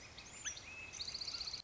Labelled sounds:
Northern Flicker
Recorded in Sonoma County, California

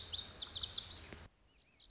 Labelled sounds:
Lazuli Bunting
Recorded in Sonoma County, California

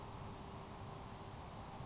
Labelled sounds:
Grasshopper Sparrow
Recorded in Sonoma County, California

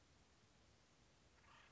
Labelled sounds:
Acorn Woodpecker
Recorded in Sonoma County, California

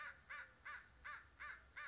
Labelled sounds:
American Crow
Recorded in Sonoma County, California

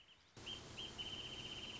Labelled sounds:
Wrentit
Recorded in Sonoma County, California

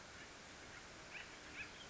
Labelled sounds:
Acorn Woodpecker
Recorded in Sonoma County, California

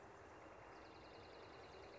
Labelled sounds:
Northern Flicker
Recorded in Sonoma County, California

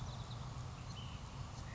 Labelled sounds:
Ash-throated Flycatcher
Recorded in Sonoma County, California

